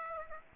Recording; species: mosquito wingbeat signal from an infrared sensor; Aedes aegypti